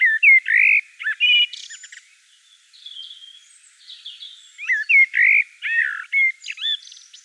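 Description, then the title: Common blackbird delivering mellow warbled phrases with jumpy fluty notes and scratchy high endings, with a short lull between. Common blackbird singing in Provence. "Sylvain Jaskowiak - Mes piafs. Merle noir en Provence"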